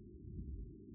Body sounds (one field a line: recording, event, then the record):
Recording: neck accelerometer signal played as sound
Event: no cough (speech, laughter, throat clearing or background)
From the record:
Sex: female